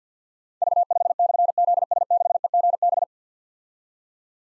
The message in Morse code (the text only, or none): V5/ZS6EGB